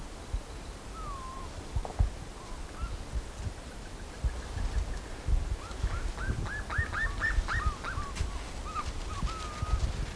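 Bird calls: a few slurred whistled notes early on, then a quick run of short rising notes that tails off into drawn-out whistles, over steady low rumbling background noise.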